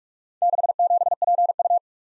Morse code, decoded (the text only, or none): 67PU